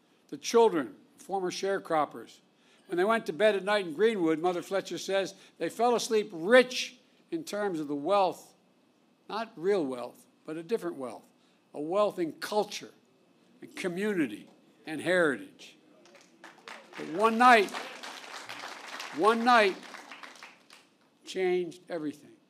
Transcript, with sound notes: The children of former sharecroppers, when they went to bed at night in Greenwood, Mother Fletcher says they fell asleep rich in terms of the wealth—not real wealth, but a different wealth—a wealth in culture and community and heritage. (Applause.) But one night—one night changed everything.